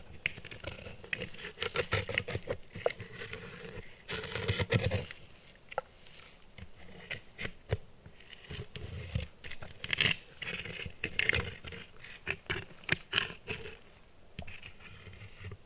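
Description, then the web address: Dog chewing a bone: crunching and gnawing in irregular bursts with sharper cracks. Dog chewing and stripping a bone. "Tom Hutchings Dog Chewing And Stripping Bone"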